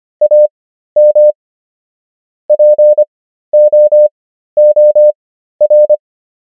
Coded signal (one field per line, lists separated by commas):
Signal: Morse code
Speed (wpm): 25 wpm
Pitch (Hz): 600 Hz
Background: none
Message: AM POOR